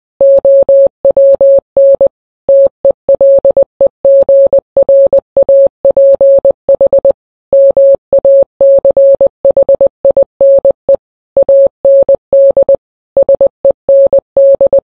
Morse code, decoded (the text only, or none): OWN TELEGRAPH MACHINE AND SEND